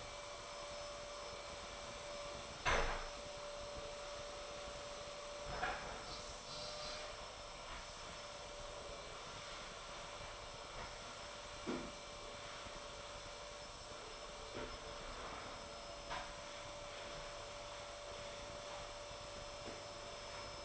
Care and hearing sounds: daily activity, microphone in the room; vacuum cleaning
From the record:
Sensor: 5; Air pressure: 1007.8 hPa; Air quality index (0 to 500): 95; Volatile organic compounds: 1 ppm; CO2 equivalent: 748 ppm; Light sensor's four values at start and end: 34/80/32/32 and 34/79/32/32

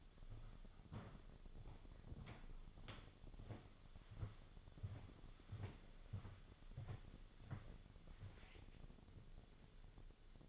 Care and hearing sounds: daily activity, microphone in the room; walk to room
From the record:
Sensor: 4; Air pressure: 1000.8 hPa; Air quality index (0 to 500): 118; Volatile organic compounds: 1 ppm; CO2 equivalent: 892 ppm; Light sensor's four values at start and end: 70/172/73/78 and 63/154/66/71

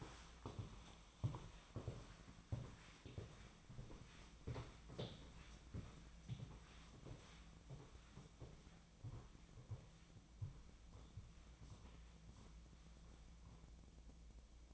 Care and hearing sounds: daily activity, microphone in the room; walk to room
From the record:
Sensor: 1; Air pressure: 1010.1 hPa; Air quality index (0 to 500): 182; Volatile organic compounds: 15 ppm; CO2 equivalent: 2503 ppm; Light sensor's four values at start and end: 38/99/40/50 and 39/100/42/51

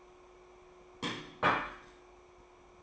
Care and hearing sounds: daily activity, microphone in the room; place plate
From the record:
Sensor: 1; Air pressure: 1004.4 hPa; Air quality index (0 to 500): 197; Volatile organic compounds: 18 ppm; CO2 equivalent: 2608 ppm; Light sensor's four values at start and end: 4/9/3/3 and 4/9/3/3

